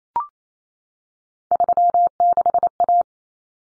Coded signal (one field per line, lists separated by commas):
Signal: Morse code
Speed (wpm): 28 wpm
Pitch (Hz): 700 Hz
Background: none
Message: 36A